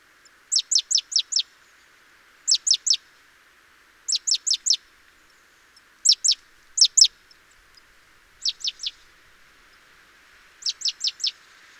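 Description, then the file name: Great tit giving several quick clusters of two to four thin, high downward-sweeping notes against quiet surroundings. "Parus major"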